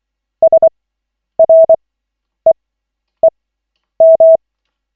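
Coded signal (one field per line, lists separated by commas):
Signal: Morse code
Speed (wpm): 24 wpm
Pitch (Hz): 650 Hz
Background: none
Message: SREEM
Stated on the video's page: Koch method CW practice session at lesson 7 of 40, using LCWO.net.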